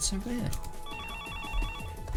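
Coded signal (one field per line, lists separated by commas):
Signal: none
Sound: game phone ringing sound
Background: speech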